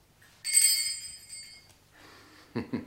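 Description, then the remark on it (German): A call bell rung to summon a servant gives one bright metallic ring that shimmers and fades over about a second, followed by soft shuffling and two quick dull knocks, with no one speaking. “Man klingelt und dann ereignet sich was.”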